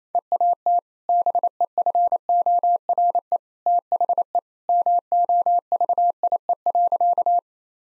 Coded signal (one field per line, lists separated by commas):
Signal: Morse code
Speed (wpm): 28 wpm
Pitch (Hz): 700 Hz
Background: none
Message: EAT BEFORE THE MOVIE.